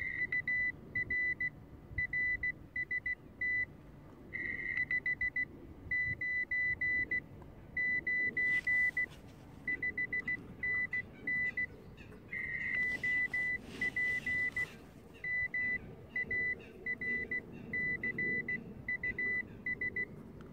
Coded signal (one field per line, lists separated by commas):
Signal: Morse code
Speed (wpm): 16 wpm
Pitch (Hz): 2000 Hz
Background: none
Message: UR RST 59 9 5NN OP MARCUS